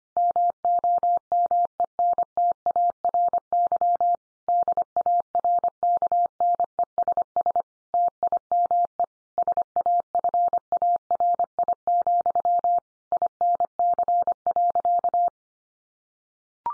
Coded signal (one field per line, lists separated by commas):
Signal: Morse code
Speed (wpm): 25 wpm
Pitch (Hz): 700 Hz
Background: none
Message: MOMENTARY DARKNESS TIME SAFARI, INC.